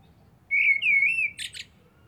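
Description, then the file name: Common blackbird calling with a clear whistled note that wavers gently, followed by two short, harsh, high-pitched chattering bursts. "Turdus merula"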